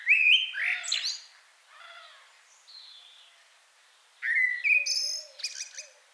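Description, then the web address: Common blackbird song, a loud fluty phrase with high squeaky tail, quieter faint notes in between, then another bright warbled phrase; soft low notes briefly underneath. "SETE Turdus merula"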